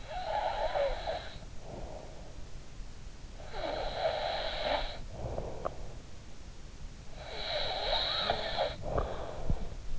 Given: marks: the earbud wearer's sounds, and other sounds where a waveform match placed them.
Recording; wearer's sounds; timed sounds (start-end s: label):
sounds in sleep by an in-ear microphone; snoring breath, teeth grinding
0.00-2.24 s: snoring breath
3.42-6.13 s: snoring breath
5.69-5.86 s: teeth grinding
7.21-9.99 s: snoring breath